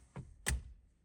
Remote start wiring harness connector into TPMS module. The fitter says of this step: make sure you hear a solid click